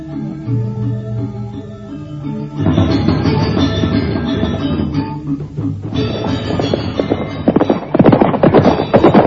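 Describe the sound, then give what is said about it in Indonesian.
Horses ridden by Cakradara and Kuda Merta gallop with a rapid, driving clip-clop of hooves that swells louder partway through, heading toward smoke rising in the distance, layered over a sustained tonal music bed. “Cakradara dan Kuda Merta kembali melarikan kudanya.”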